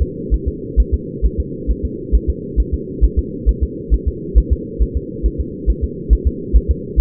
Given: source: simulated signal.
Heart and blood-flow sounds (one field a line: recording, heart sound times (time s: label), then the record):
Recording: fetal heart sounds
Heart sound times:
0.02 s: S2
0.34 s: S1
0.48 s: S2
0.80 s: S1
0.94 s: S2
1.25 s: S1
1.40 s: S2
1.71 s: S1
1.85 s: S2
2.15 s: S1
2.29 s: S2
2.60 s: S1
2.74 s: S2
3.04 s: S1
3.19 s: S2
3.49 s: S1
3.63 s: S2
3.94 s: S1
4.08 s: S2
4.38 s: S1
4.52 s: S2
4.82 s: S1
4.97 s: S2
5.26 s: S1
5.40 s: S2
5.70 s: S1
5.84 s: S2
6.13 s: S1
6.27 s: S2
6.56 s: S1
6.71 s: S2
7.00 s: S1
From the record:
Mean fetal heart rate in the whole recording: 135 bpm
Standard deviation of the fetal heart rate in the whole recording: 3 bpm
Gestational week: 34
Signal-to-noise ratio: -4.1 dB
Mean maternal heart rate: no maternal heart sound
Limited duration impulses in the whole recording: absent